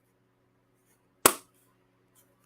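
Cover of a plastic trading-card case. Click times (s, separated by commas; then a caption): 1.3 s. The cover of a plastic trading-card case is pressed closed after trading cards are put back inside, and it snaps shut with a single loud, sharp snap at 1.3 s. The snap rings out briefly against a quiet background, with a faint tick near 2.2 s. The cover is seated in place.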